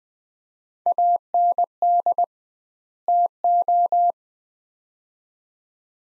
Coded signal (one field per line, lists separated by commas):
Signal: Morse code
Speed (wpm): 20 wpm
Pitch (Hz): 700 Hz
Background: none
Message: AND TO